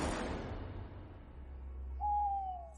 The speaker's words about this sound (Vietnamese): Tiếng cú giữa đêm khuya thanh vắng khiến cho con người cảm thấy nhỏ bé giữa cảnh núi rừng bị bóng đêm nuốt chừng.